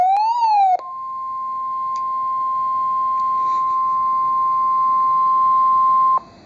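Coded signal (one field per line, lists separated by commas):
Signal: Emergency Alert System (SAME) tones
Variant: 1050 Hz attention tone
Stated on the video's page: Severe Thunderstorm Warning alert received on NOAA Weather Radio.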